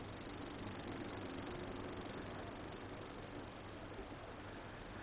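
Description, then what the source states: Common Grasshopper Warbler reeling song, a continuous high, insect-like buzzing trill held steadily throughout, its loudness gently swelling and fading. Sung around one o'clock on a June night from a small pine branch at a meadow edge, recorded under five metres away; loudness shifted as the bird turned its head.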